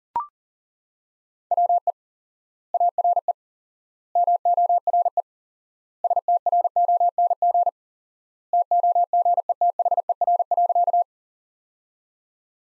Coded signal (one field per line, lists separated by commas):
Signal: Morse code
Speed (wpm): 40 wpm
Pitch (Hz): 700 Hz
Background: none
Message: WE ARE MORE STRONG TOGETHER.